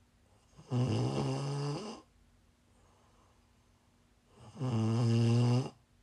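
Two low, buzzing snores from an adult sleeper, each lasting about a second, come roughly four seconds apart, a rate of about 15 breaths a minute. The tone is steady and rattling, with quiet exhalations between the snores and a faint constant hum in the background. This is ordinary snoring, shared as ASMR for sleeping, relaxing or winding down.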